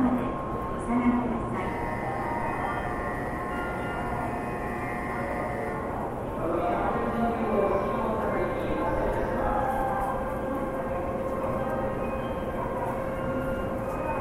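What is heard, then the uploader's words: Ambience at a train station in Japan, with a steady low rumble of trains and a murmur of people talking throughout. Sustained tones hum over the bed, one shifting around six seconds, and a brief higher tone sounds near ten seconds. TRAIN STATION IN JAPAN AMBIENCE.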